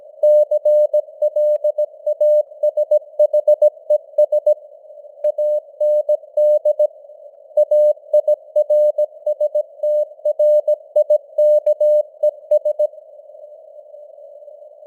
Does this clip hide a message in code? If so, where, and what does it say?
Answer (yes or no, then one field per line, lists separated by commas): yes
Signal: Morse code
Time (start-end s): 0.2-12.9 s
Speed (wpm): 17 wpm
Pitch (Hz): 600 Hz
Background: none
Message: CLASHES AND AIRSTRIKES